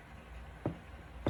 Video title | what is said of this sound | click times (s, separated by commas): Porsche 924S Windshield Wiper Motor Repair | Okay. Well, you couldn't hear it, but it clicked. So, I can see the tab is now completely out. | 1.3 s